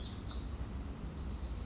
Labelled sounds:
Pacific Wren (Troglodytes pacificus)
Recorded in Sonoma County, California

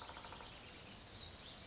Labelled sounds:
Pacific Wren (Troglodytes pacificus)
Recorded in Sonoma County, California

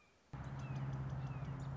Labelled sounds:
Red-shouldered Hawk (Buteo lineatus)
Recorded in Sonoma County, California

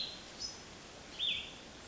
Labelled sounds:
Cassin's Vireo (Vireo cassinii)
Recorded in Sonoma County, California

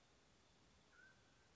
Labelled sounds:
Mountain Quail (Oreortyx pictus)
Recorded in Sonoma County, California

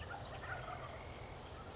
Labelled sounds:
Wild Turkey (Meleagris gallopavo)
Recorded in Sonoma County, California

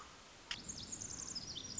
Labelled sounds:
Pacific Wren (Troglodytes pacificus)
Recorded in Sonoma County, California

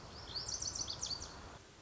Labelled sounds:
Lazuli Bunting (Passerina amoena)
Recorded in Sonoma County, California

